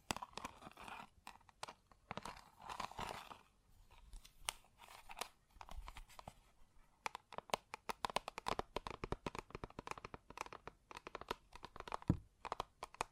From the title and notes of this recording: ASMR Close Up Metallic Sounds (No Talking).